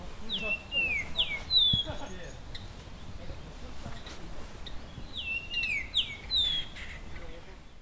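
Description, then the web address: Japanese grosbeak singing two bursts of clear, fluty whistles, each phrase of four falling-then-level notes, separated by a few seconds of quiet rustling background. "bird song ikaru"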